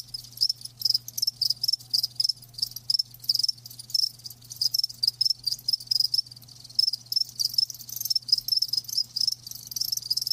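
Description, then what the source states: Cricket chirping in high pulsed bursts, closely spaced throughout, with a faint low steady hum. Live crickets chirping, a lulling song.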